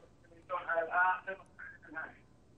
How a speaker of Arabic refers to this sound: الله يرضى عليك، اخفض التلفزيون على الآخر واسمعني من الهاتف.